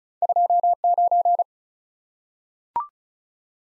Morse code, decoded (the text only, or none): 2 9